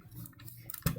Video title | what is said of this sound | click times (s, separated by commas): Rana Tadpole Assembly Guide | you kind of hear the edges uh clicking into place there | 0.7 s, 0.9 s